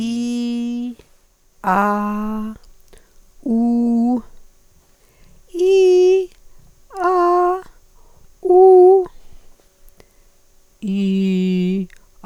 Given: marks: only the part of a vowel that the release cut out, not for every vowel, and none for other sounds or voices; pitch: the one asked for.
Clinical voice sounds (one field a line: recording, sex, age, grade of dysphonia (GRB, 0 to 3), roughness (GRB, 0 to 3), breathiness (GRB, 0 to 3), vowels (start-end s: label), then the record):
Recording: sustained vowels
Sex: female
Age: 60 to 69 years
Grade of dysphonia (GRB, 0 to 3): 1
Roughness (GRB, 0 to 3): 1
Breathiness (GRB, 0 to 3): 1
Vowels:
0.00-0.81 s: vowel /i/, normal pitch
3.52-4.13 s: vowel /u/, normal pitch
8.50-9.00 s: vowel /u/, high pitch
10.90-11.77 s: vowel /i/, low pitch
From the record:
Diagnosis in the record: dysarthrophonia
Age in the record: 60 years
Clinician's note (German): Bei MS